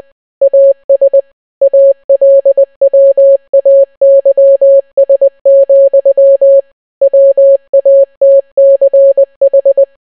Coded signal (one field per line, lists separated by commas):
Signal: Morse code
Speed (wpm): 20 wpm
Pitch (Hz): 550 Hz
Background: none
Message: AS ALWAYS, WATCH